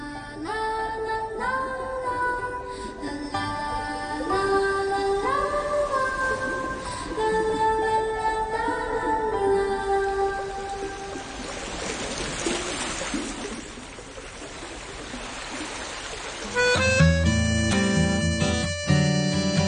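The outro of one song fades as a broad, hissing wash of ocean waves swells and rolls through the gap, before the next song starts up loudly with bright tones, its intro also carrying ocean wave sounds.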